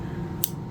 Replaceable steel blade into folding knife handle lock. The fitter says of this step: It locks up, and boom, and it locks up like a bank vault.